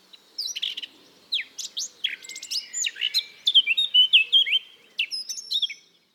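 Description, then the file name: Eurasian blackcap singing a warble of quick mixed chirps and sweeping fluted notes, loudest midway. "Sylvia atricapilla"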